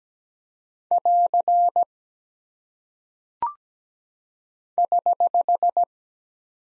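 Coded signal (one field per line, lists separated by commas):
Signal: Morse code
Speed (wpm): 17 wpm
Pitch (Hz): 700 Hz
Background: none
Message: <AR> <HH>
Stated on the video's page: Morse practice drill at 17 wpm of single punctuation and prosign characters, each sent twice.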